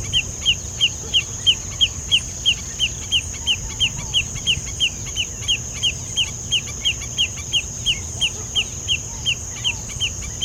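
Bird repeating crisp clipped notes in a regular rhythm, about three each second, against a steady piercing tone and soft low-frequency rumble.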